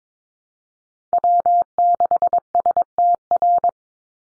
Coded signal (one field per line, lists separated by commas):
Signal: Morse code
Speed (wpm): 22 wpm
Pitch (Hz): 700 Hz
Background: none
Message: W6STR